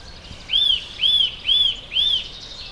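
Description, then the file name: Eurasian nuthatch giving four ringing, arched whistled notes spaced about half a second apart, clear against a light hiss. "Sitta europaea"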